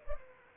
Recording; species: mosquito wingbeat signal from an infrared sensor; Anopheles arabiensis